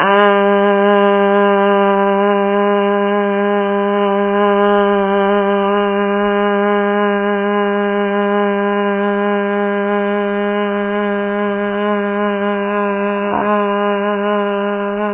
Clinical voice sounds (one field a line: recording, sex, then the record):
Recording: sustained vowel /a/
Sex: female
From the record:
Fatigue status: no fatigue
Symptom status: asymptomatic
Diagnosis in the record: COVID-19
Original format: 3gp